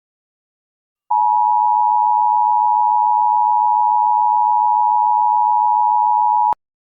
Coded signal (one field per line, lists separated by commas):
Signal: Emergency Alert System (SAME) tones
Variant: 853 and 960 Hz attention tone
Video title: EAS Mini Mock #3: The Virus of all Viruses.